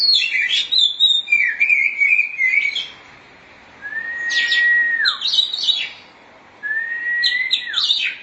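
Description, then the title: Oriental magpie-robin song: warbling whistled phrases, then long level whistles that drop steeply at the end, with pauses between phrases. Chirping song (kicauan) of the bird. "Suara Kicauan Burung Kacer Durasi Panjang"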